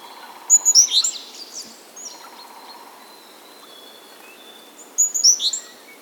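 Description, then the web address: Bird song of high, bright chirps and twitters in two quick bursts, one early and one near the end, with quieter faint notes and soft hiss between. Spring. "VT Homezon Musica da luma Spring Birds Nature Ambiance"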